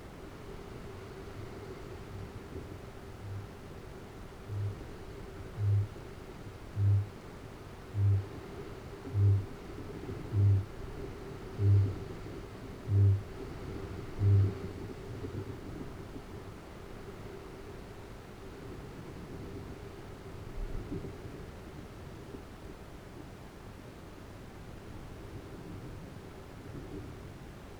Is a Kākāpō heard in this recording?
yes